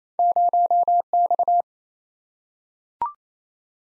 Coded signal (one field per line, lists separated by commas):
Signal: Morse code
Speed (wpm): 28 wpm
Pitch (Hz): 700 Hz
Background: none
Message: 0X